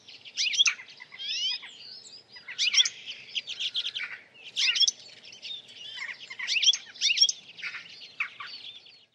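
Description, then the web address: Bird calls: continuous high, scratchy chattering in loud bursts of chirps and rising squeaks. "Bird Only"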